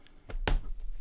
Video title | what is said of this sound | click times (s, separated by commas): HardShell For MacBook Air M1 | there we go two little clicks now that top piece is completely on | 0.5 s